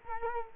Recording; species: mosquito wingbeat signal from an infrared sensor; Culex quinquefasciatus